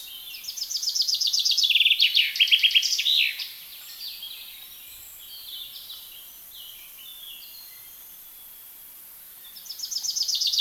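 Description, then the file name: Common chaffinch delivering a trilled, descending song phrase with a terminal flourish, then a pause with soft bird notes, and the song beginning again at the end. "Fringilla coelebs"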